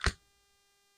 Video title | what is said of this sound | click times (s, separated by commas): Part 2 of Off the Rails Sew Along with Phyllis for Mad Moody Quilting Fabrics | it snaps into place and | 0.1 s